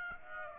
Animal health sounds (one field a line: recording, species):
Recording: mosquito wingbeat signal from an infrared sensor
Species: Aedes aegypti